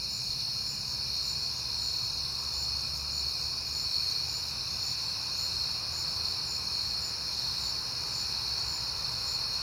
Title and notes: Night Time: Crickets and Passing Cars. It is September and I have been hearing the crickets a lot